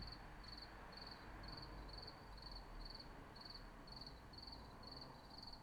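Cricket chirping in short pulsed bursts at a high, steady pitch, repeated steadily over a low rumbling background.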